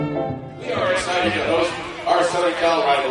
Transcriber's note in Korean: 현장음: 오렌지 카운티 축구 경기장